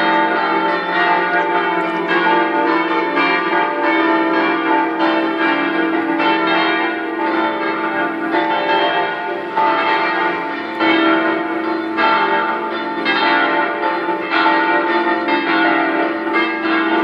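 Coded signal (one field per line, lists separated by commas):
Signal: bell signal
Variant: five swinging church bells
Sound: continuous festive peal of five swinging church bells ringing overlapping tones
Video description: concerto di cinque campane mezz' ora prima della messa 18:30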